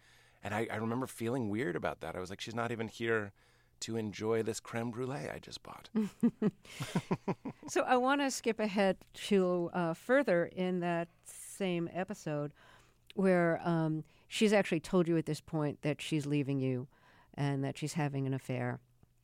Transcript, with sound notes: And I remember feeling weird about that. I was like, she's not even here to enjoy this creme brulee I just bought.
(LAUGHTER)
So I want to skip ahead to further in that same episode, where she's actually told you at this point that she's leaving you and that she's having an affair.